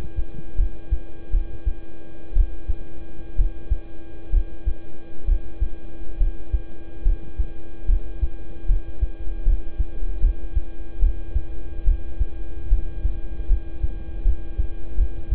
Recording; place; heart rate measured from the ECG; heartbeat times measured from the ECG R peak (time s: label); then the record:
heart sounds by stethoscope; between the tricuspid and mitral areas; 71 bpm
0.55 s: heartbeat
1.30 s: heartbeat
2.33 s: heartbeat
3.35 s: heartbeat
4.30 s: heartbeat
5.25 s: heartbeat
6.17 s: heartbeat
7.02 s: heartbeat
7.85 s: heartbeat
8.66 s: heartbeat
9.43 s: heartbeat
10.20 s: heartbeat
10.99 s: heartbeat
11.84 s: heartbeat
12.68 s: heartbeat
13.47 s: heartbeat
14.23 s: heartbeat
14.96 s: heartbeat
From the record:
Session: rest, lying down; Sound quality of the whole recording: good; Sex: male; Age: 26 years